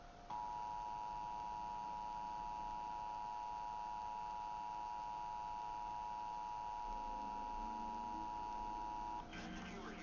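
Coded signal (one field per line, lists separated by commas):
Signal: Emergency Alert System (SAME) tones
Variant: 853 and 960 Hz attention tone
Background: speech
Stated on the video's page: EAS test received on a Chicago TV station and an FM radio station at 93.1.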